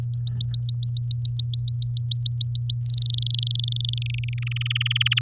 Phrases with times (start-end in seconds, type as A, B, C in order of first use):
0.02-2.79 A, 2.85-3.98 B, 4.01-4.44 C, 4.46-5.19 D